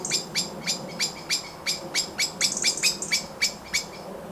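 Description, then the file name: Common blackbird uttering rapid harsh chinks, with high thin squeals between them. "Turdus merula"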